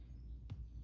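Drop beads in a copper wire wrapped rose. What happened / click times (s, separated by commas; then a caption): The beads snapped together into place / 0.5 s. Copper wire on a wire-wrapped rose is tugged gently so its drop beads settle together. A single short, faint click at 0.5 s stands out over a low, steady hum. The beads snap into place.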